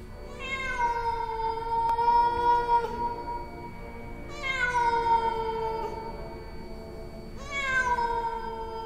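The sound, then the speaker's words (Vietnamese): Three long, drawn-out yowls of a cat on a roof at night, each a wavering harmonic wail that slides downward and fades, separated by short pauses, with no voices present. “Tiếng của nội la hét trong cái tiếng con mèo ở trên mái nhà, cứ kêu đến não cả lòng.”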